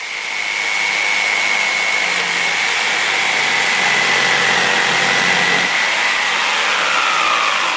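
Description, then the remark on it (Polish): An electric jigsaw used for wood carving runs steadily for several seconds, a loud, continuous motor whine with a high, sustained tonal hum over buzzing mechanical noise, with no voices. “To jest wyżynarka.”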